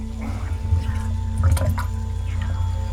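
Water gurgles and splashes as a small sample bottle, its cap unscrewed, is pushed under the water through a hole in the bottom of a boat and fills, with a few bubbly bursts over a steady low hum.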